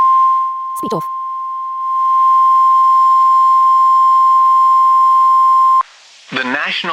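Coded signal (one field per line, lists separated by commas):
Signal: Emergency Alert System (SAME) tones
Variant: 1050 Hz attention tone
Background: speech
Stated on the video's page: Flash flood warning from a NOAA weather radio station.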